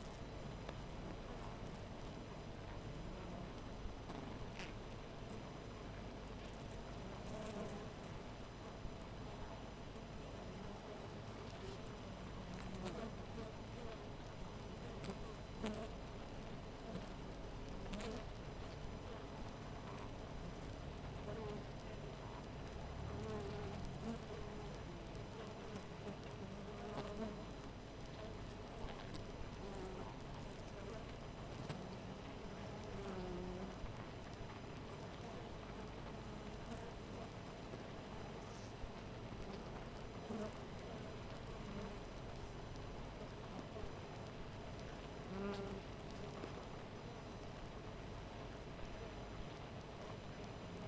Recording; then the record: honeybee colony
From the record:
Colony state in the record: missing queen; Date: 14 July 2017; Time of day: 5:01